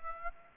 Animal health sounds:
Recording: mosquito wingbeat signal from an infrared sensor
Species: Aedes aegypti

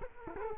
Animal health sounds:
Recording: mosquito wingbeat signal from an infrared sensor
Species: Culex quinquefasciatus

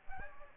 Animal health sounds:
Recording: mosquito wingbeat signal from an infrared sensor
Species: Aedes aegypti

